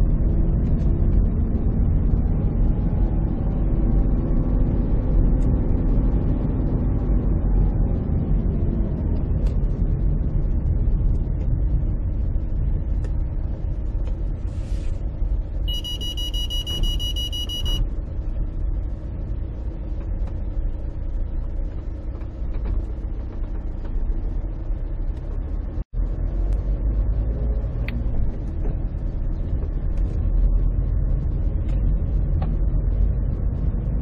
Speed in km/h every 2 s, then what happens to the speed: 38, 40, 40, 35, 26, 16, 13, 10, 11, 7, 6, 8, 13, 17, 20, 23, 25.
4-19 slows to 6. 19-34 speeds up to 25.